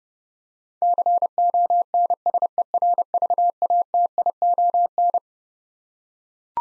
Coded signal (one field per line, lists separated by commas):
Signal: Morse code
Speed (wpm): 30 wpm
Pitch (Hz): 700 Hz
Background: none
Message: CONSERVATION